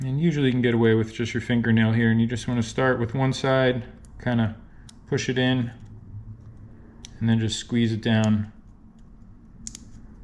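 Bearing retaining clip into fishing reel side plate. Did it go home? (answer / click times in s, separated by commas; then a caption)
yes / 9.7 s. Someone talks while fitting a small metal bearing retaining clip into the side plate of a KastKing Royale Legend II baitcasting fishing reel, pushing one side in first with a fingernail and then squeezing it down over the bearing. At 9.7 s a sharp little click sounds as the clip snaps into its groove and seats home.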